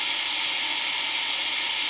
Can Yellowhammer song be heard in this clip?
no